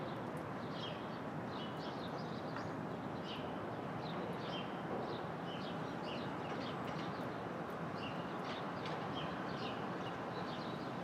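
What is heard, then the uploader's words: Street traffic at dawn in Brooklyn makes a dense, steady low roar that holds at an even level for the whole stretch, without single cars standing out. Birds chirp and twitter above it throughout, in short, bright bursts that come every second or so. Brooklyn Dawn, 4 - 17 - 20, Street Traffic II.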